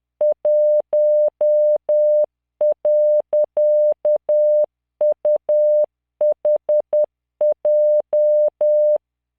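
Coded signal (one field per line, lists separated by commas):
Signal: Morse code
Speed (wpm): 10 wpm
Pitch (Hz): 600 Hz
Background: none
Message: 1.UHJ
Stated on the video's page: Software-generated Morse practice with LearningMorse at 10 WPM, 600 Hz tone, standard 3-dot spacing, random 5-character groups.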